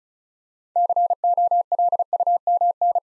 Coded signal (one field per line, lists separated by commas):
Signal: Morse code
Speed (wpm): 36 wpm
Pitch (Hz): 700 Hz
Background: none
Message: COLUMN